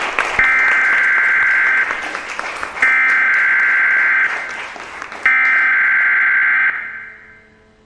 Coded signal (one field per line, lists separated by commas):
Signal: Emergency Alert System (SAME) tones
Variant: header bursts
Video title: AI Sponge Rehydrated Weekly Livestream EAS Alarm Test